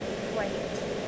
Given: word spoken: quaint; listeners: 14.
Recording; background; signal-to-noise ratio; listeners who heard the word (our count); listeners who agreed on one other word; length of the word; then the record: one English word in noise, from a listening test; speech-shaped noise; -5.3 dB; 1 of 14; 8 of 14; 0.69 s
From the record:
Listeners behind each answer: 8, 2, 1, 1, 1, 1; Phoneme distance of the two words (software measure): 14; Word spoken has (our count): 1 syllable, 5 phonemes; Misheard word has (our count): 1 syllable, 3 phonemes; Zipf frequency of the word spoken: 3.41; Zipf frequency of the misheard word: 5.37